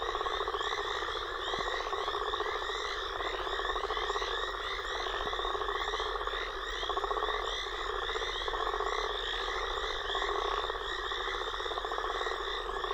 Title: Frog And Toad Chorus Post Storm With Thunder